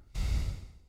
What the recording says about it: Agonal breathing, which is kind of deep, irregular breaths. It's kind of like a snoring nose. Then you start CPR.